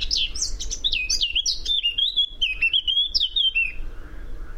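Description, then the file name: Eurasian blackcap song: a fast, varied warble of scratchy notes running into loud, clear, fluting whistles that slide gently downward, about four seconds long, with light background hum. "Sylvia atricapilla"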